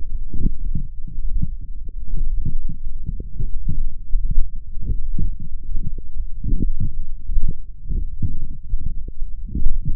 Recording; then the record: forearm muscle sounds (acoustic myography)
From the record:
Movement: forearm supination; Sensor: system 1, eight BSWA MPA416 microphones around the upper forearm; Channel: 8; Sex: male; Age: 21 years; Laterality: right